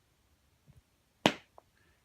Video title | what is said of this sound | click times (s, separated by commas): Eco Connect Bottle System - Tutorial | watch what happens when you push the bottles all the way in you'll actually hear an audible click as the vacuum seal develops | 1.3 s